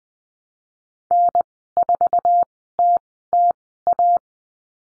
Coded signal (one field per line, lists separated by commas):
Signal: Morse code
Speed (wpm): 20 wpm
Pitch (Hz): 700 Hz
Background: none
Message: N4TTA